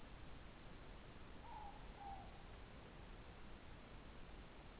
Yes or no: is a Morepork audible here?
yes